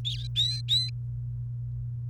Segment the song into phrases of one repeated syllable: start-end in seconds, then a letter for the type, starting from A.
0.04-0.89 A